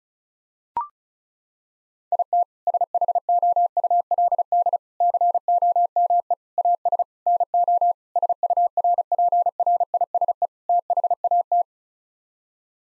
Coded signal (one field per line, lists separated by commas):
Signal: Morse code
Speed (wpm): 36 wpm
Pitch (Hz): 700 Hz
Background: none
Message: IT SHOULD COME AS NO SURPRISE THAT